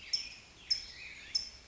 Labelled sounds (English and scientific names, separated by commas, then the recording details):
California Towhee (Melozone crissalis)
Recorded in Sonoma County, California